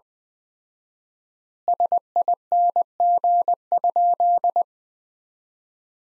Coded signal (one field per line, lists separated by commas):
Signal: Morse code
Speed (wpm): 20 wpm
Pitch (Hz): 700 Hz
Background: none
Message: SING?